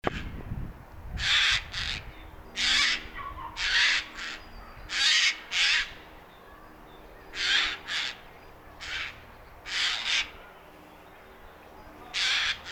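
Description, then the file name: Eurasian jay giving many raspy screeching calls, several doubled, spaced irregularly. "Garrulus glandarius"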